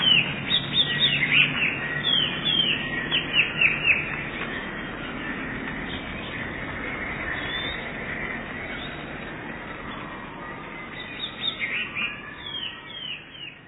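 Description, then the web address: Eurasian blue tit song: a run of rapid downward chirps for the first four seconds, then only faint notes, with a few more near the end. "wroblowe teka spiew. modraszkoteka"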